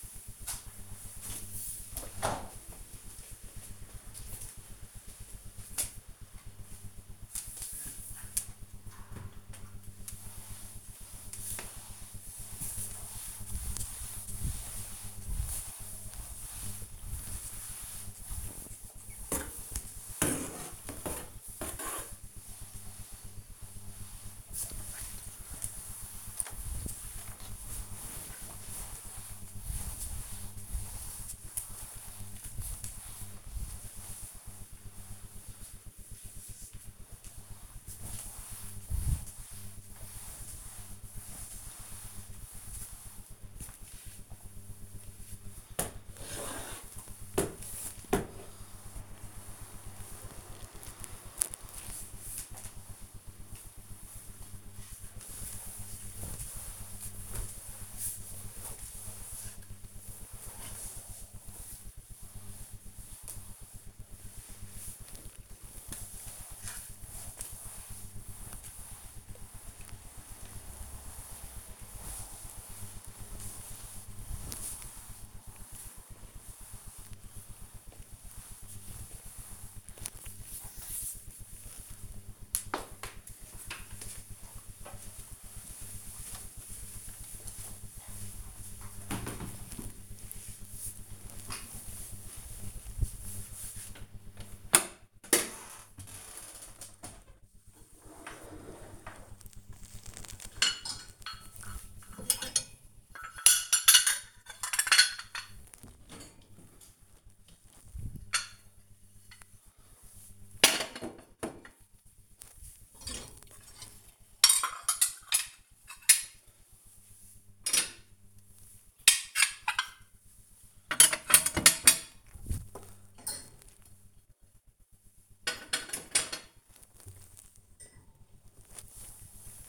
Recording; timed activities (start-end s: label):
household activities, microphone on the right wrist
6.37-80.98 s: floor cleaning
95.07-129.69 s: cleaning out the dishwasher